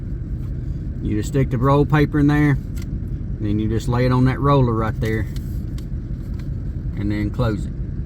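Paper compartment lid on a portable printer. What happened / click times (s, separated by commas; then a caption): Handled, not yet home: no clear latch click on the lid / none. Someone talks while a paper roll is placed into the paper compartment of a portable printer and laid on its roller, with the plastic lid being handled to close it. A steady low background hum runs throughout. The lid has not clicked shut yet, and nothing has seated.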